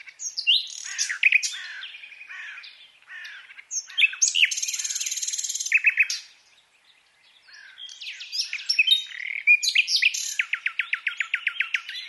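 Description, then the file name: Common nightingale singing a varied sequence of whistles and chirps, including a dense buzzy passage, ending in a fast series of repeated clipped notes. "Luscinia megarhynchos"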